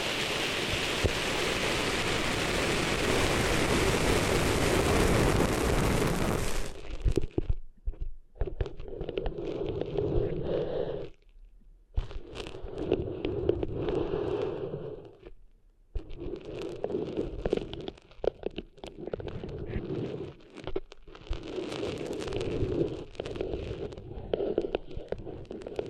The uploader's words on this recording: ASMR Cleaning Sand Out of Your Ears (No Talking).